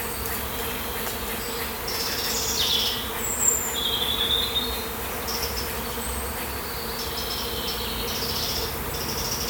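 Bees humming in a steady low drone.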